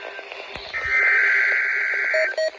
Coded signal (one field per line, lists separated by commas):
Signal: Emergency Alert System (SAME) tones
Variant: header bursts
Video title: Required Weekly Test | EAS #605